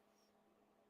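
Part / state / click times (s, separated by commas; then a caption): metal cutting die into plastic embossing folder / not seated / none. A metal butterfly cutting die is handled as it is pressed toward its slot inside a plastic 3D embossing folder. Only a faint, steady hiss with low rustling is heard, and no sharp sounds. Nothing has seated or clicked yet.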